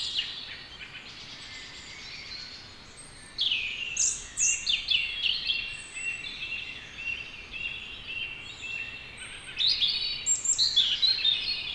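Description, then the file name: European robin song, a quiet opening followed by repeated high, tinkling phrases with sharp sliding notes and rapid trills. "Erithacus rubecula"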